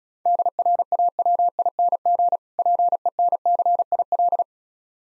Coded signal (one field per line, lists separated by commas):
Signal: Morse code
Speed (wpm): 36 wpm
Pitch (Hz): 700 Hz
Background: none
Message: DRAWING PENCIL